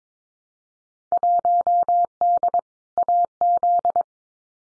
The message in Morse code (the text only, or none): 1D AZ